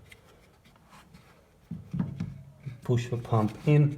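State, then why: Not seated. A drain pump is positioned and lined up against the plastic sump housing of a Simpson washing machine during a pump replacement for an E20 error, making light rubbing and small contact ticks around 0.1, 0.7, 2.0 and 2.2 s while someone talks. Nothing has seated or clicked yet, since the pump has not been pushed in.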